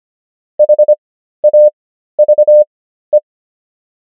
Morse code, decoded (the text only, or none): HAVE